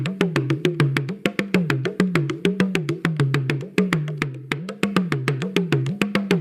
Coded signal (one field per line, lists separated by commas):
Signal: talking drum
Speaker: lo que ustedes han escuchado, es un tambor parlante, pero ya moderno